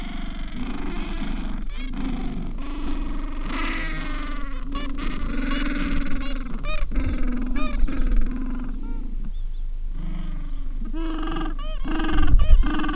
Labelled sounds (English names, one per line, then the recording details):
Gentoo Penguin
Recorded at the colony at Ocean Harbour, on 7 January 2016
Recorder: Song Meter SM2+